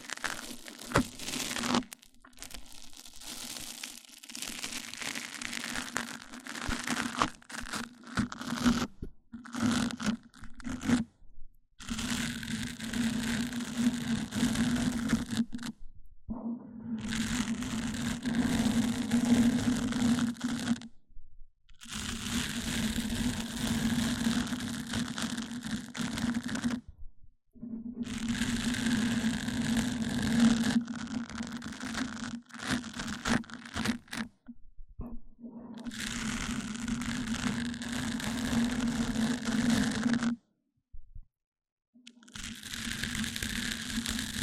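Mic-on-mic triggers: one microphone rubbed and scraped against another in dense, rough bursts with a steady low hum running under them. The rubbing comes in stretches of several seconds, broken by abrupt dead-silent gaps around 2, 9, 11, 16, 21, 27, 34 and 40 seconds.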